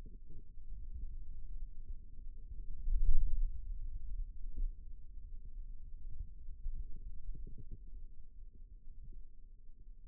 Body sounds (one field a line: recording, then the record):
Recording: forearm muscle sounds (acoustic myography)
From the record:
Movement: ulnar deviation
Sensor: system 2, bracelet of six BSWA MPA416 microphones around the upper forearm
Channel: 3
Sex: male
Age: 22 years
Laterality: right